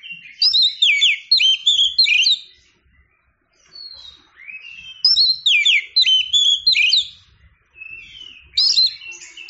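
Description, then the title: Oriental magpie-robin song in three loud bursts of varied whistles and twangy downslurred notes, with soft twitters filling the gaps. Champion singing bird. "Kicau Burung Kacer Juara"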